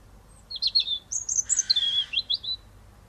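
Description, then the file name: European robin song, a rapid run of high warbling notes with a thin whistle and a brief rasp, rising and falling over about two seconds. "Erithacus rubecula"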